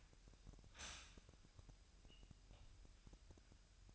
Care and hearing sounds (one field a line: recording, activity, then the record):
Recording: daily activity, microphone in the room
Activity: stop toaster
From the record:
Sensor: 2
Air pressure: 1001.8 hPa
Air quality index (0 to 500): 248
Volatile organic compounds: 39 ppm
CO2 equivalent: 3128 ppm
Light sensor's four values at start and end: 9/30/12/11 and 9/30/12/11